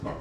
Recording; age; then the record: pig call; growing-finishing pig (85 days or more)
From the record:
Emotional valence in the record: positive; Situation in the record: run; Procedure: transit